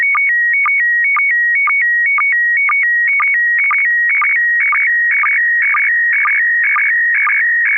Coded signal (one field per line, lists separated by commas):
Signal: SSTV (slow-scan television)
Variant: PD 120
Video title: N6NA SSTV Net - 08/27/2025